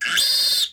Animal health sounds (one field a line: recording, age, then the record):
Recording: pig call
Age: piglet (1 to 25 days)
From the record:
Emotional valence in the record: negative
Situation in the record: castration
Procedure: castration, shear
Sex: male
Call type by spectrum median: high-frequency call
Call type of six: mixed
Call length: 0.72 s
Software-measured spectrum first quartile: 3375 Hz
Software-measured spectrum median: 4368 Hz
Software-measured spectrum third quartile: 5718 Hz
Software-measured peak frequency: 4791 Hz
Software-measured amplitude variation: 104 dB a second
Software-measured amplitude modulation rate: 20.1 a second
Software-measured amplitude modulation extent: 5.2 dB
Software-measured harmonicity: 5.5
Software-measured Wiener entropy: -2.86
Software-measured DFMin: 822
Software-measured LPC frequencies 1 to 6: 1577, 2908, 3577, 4264, 4831, 5444 Hz